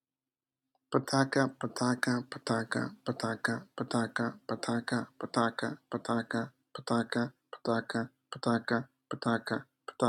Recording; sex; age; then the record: repeated syllables /pa ta ka/; male; 20 to 29 years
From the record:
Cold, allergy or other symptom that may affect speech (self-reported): no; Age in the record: 29 years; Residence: United States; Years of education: 17